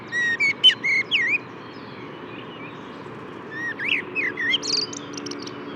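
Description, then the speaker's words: Common blackbird song: mellow whistled notes ending in thin scratchy squeaks, a phrase at the start and another near the end, against constant low traffic-like noise. Singing perched atop a horse chestnut tree with opening buds, despite background noise; Bois de Vincennes, 6 April 2018. "Je vous propose le chant d'un merle noir perché au sommet d'un marronnier dont les bourgeons éclosent, un gros bourgeon tout duveteux, très, très joli."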